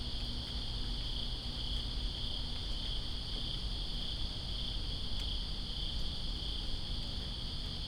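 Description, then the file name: Crickets chirp in a dense, even high trill throughout, while rain patters continuously underneath with a few louder drops. Greensboro, September 2, 2017, in rain. "Greensboro Crickets And Rain September 02 2017"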